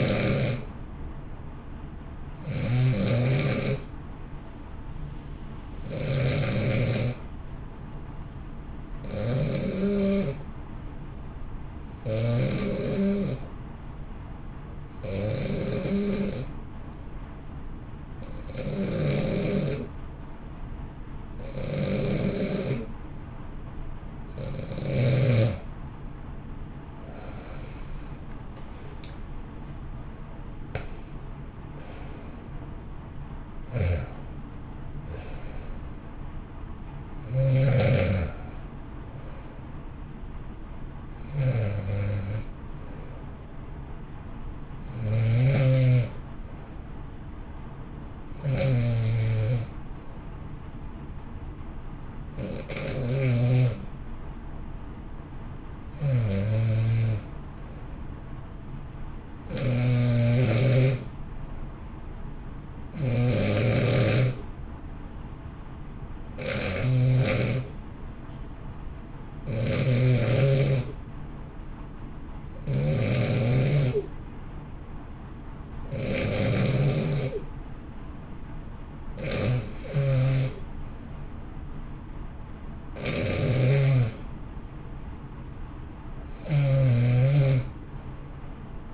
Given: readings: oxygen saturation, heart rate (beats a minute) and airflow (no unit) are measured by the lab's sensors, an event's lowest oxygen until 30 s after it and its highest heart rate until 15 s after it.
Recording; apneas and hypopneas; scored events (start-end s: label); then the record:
breathing in sleep by a smartphone at the bedside; 2
8.00-27.10 s: hypopnea (N2, oxygen 92% highest, then 88% lowest, heart rate 63 at the start, 70 highest)
22.00-52.00 s: new sleep stage, N1 (lightest sleep)
52.00-88.94 s: new sleep stage, N2 (light sleep)
53.00-81.70 s: hypopnea (N2, oxygen 94% highest, then 90% lowest, heart rate 59 at the start, 64 highest)
From the record:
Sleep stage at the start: N2 (light sleep); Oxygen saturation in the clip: 88 to 94%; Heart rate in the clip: 56 to 70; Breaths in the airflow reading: 28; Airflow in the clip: -1.8 to 3.7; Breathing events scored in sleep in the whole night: 328 in 6.3 hours asleep